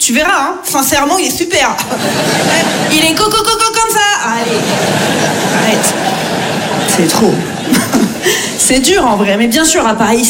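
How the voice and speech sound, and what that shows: Fast, lively French speech from a woman comedian with a fairly high voice, broken once by a rapid run of repeated syllables, "co-co-co-co", before the word comes out. The stutter is a comic imitation of sound repetitions, mocking a recommendation of a speech therapist. Audience chuckles follow.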